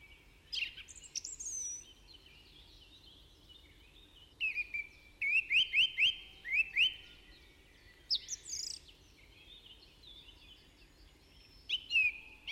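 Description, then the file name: Budgerigar chattering: buzzy warbled phrases mixed with a rapid run of short rising chirps midway, then more scattered squeaky notes. "Budgie Sounds"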